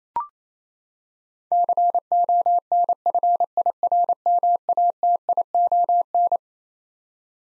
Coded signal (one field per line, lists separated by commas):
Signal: Morse code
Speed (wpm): 28 wpm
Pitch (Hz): 700 Hz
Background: none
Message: CONFIRMATION